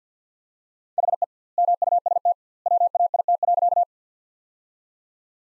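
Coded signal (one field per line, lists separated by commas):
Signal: Morse code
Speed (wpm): 50 wpm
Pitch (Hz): 700 Hz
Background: none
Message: HE MUST WAIT.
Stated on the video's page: Morse practice of sentences built from the top 500 words at 50 wpm with double word spacing, a word-level analogue of Farnsworth spacing.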